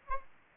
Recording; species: mosquito wingbeat signal from an infrared sensor; Anopheles arabiensis